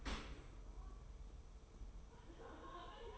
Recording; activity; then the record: daily activity, microphone in the room; open dishwasher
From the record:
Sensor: 1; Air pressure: 1015.0 hPa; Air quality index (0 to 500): 25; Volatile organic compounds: 0 ppm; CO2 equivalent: 502 ppm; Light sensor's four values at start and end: 13/30/12/13 and 13/30/12/13